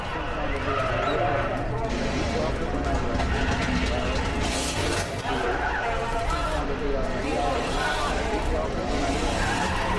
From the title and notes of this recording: Automobiles, trucks, construction equipment, mopeds and motorcycles, buses, street sounds and a variety of police and ambulance sirens. The Sounds of Motoring.